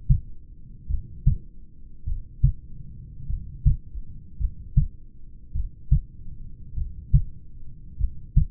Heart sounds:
heart sounds by stethoscope; 51 bpm
0.92 s: heartbeat
2.09 s: heartbeat
3.32 s: heartbeat
4.42 s: heartbeat
5.57 s: heartbeat
6.79 s: heartbeat
8.02 s: heartbeat
From the record:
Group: heart failure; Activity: rest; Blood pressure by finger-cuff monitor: 124/73 mmHg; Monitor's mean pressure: 85 mmHg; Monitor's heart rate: 51 bpm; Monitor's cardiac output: 5.1 L/min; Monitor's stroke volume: 102 mL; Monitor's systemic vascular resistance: 1220 dyn s/cm5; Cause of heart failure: familial cardiomyopathy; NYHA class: 1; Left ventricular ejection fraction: 49%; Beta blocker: bisoprolol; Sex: male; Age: 31 years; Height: 194 cm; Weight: 96 kg

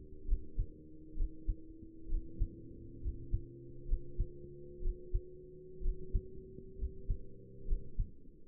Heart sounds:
heart sounds by stethoscope; 65 bpm
0.28 s: heartbeat
1.17 s: heartbeat
2.10 s: heartbeat
3.02 s: heartbeat
3.88 s: heartbeat
4.83 s: heartbeat
5.83 s: heartbeat
6.78 s: heartbeat
7.68 s: heartbeat
From the record:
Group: healthy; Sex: male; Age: 22 years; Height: 181 cm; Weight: 79 kg

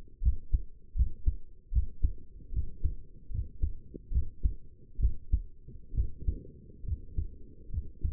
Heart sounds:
heart sounds by stethoscope; 72 bpm
0.22 s: heartbeat
0.96 s: heartbeat
1.72 s: heartbeat
2.53 s: heartbeat
3.31 s: heartbeat
4.12 s: heartbeat
4.99 s: heartbeat
5.94 s: heartbeat
6.85 s: heartbeat
7.70 s: heartbeat
From the record:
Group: healthy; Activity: rest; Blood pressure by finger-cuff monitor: 108/73 mmHg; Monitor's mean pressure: 79 mmHg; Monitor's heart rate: 77 bpm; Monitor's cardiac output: 6.1 L/min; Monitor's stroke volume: 74 mL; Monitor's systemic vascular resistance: 950 dyn s/cm5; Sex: male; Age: 21 years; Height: 170 cm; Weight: 71 kg

